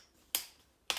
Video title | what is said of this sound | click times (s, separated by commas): Comment remplacer l'écran d'un Asus Vivobook S712FA | jusqu'à ce qu'on entende les petits clics. | 0.4 s, 0.9 s